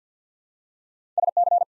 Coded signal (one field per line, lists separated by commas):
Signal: Morse code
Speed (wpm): 52 wpm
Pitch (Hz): 700 Hz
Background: none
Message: SC